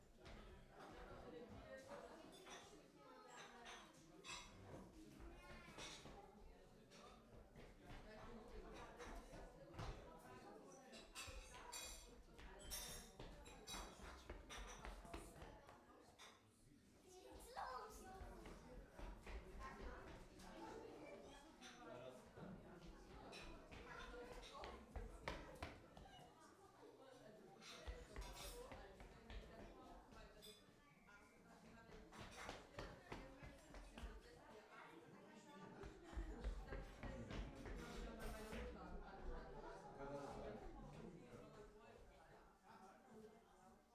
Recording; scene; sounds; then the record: everyday scene through a hearing-aid microphone; many people talking; footsteps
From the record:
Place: parish hall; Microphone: behind the ear, right, front